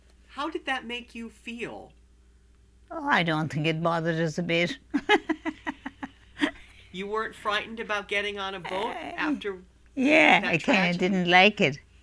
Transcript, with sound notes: How did that make you feel?
Oh, I don't think it bothered us a bit. ( she laughs )
You weren't frightened about getting on a boat after the Titanic?
Yeah, I kind of didn't like it.